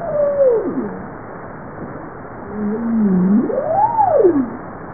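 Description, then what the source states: Bowhead whale calls: a descending moan sliding down, then a low hum that sweeps up into an arching whoop and falls again, over steady underwater hiss. Recorded 26 April 1988 at 15:12.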